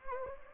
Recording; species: mosquito wingbeat signal from an infrared sensor; Anopheles gambiae